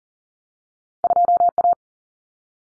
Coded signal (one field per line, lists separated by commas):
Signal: Morse code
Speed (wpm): 40 wpm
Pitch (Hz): 700 Hz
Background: none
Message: 2A